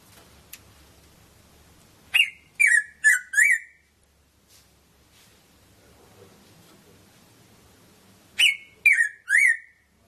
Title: Erythrura Psittacea